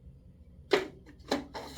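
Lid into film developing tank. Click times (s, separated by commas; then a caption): 0.7 s, 1.3 s. The plastic lid of a film developing tank is pressed onto the tank with the reel inside. A few sharp plastic clicks are heard, at 0.7 s and 1.3 s, with another near the end, and the lid locks in place.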